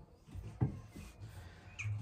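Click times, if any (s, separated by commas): 0.6 s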